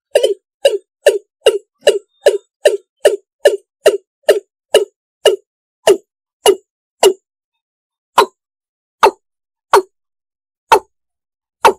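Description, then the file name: East Asian bullfrog: frog calling in a fast series of short, clipped knocking croaks, steady at first, then slowing to wider-spaced notes toward the end; no other sounds. "tieng ga dong"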